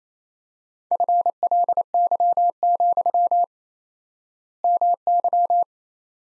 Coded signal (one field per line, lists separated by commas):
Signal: Morse code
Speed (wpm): 28 wpm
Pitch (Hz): 700 Hz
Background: none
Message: FLY, MY